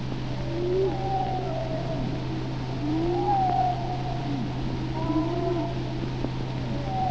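Whale calls, a mix of gliding moans and rising and falling whistles that overlap in bursts, above a constant low droning hum.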